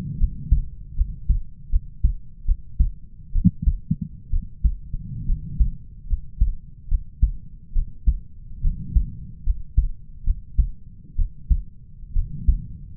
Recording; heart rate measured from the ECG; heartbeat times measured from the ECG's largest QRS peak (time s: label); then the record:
heart sounds by stethoscope; 70 bpm
0.18 s: heartbeat
0.95 s: heartbeat
1.70 s: heartbeat
2.46 s: heartbeat
3.33 s: heartbeat
4.31 s: heartbeat
5.26 s: heartbeat
6.07 s: heartbeat
6.88 s: heartbeat
7.73 s: heartbeat
8.61 s: heartbeat
9.44 s: heartbeat
10.24 s: heartbeat
11.16 s: heartbeat
12.13 s: heartbeat
From the record:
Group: healthy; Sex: male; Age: 20 years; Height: 187 cm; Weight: 68.9 kg